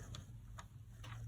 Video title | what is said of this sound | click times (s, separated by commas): 01 How to thread a Bobbin on a Pfaff Machine | all you're going to come down and do is do your best to line that up, and you're going to feel that click into place, | 0.1 s